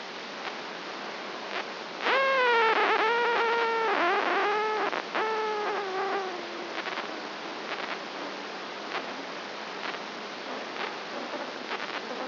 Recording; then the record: brain microelectrode recording played as sound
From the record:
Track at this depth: outside the subthalamic nucleus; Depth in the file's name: 5.501 mm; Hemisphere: left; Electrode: 2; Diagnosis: Parkinson's disease